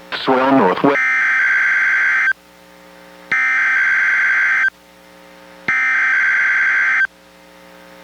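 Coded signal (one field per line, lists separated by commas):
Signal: Emergency Alert System (SAME) tones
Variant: header bursts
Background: speech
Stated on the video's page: NOAA Weather Radio required weekly test from NWS Portland relayed by KEC91 in Astoria, received on a Reecom R-1630 weather radio and recorded on a Zoom H1.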